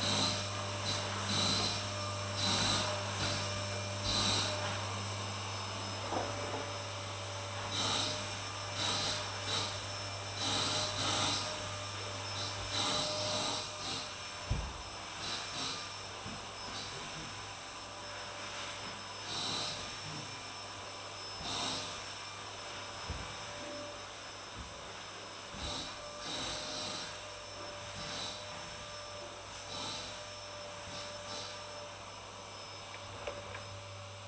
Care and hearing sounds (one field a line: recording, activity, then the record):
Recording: daily activity, microphone in the room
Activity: vacuum cleaning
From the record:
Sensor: 2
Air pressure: 999.9 hPa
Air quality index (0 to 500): 127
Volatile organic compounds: 2 ppm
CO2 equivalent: 1091 ppm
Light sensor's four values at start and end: 27/67/28/31 and 29/71/30/34